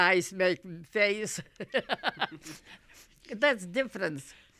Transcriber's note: she laughs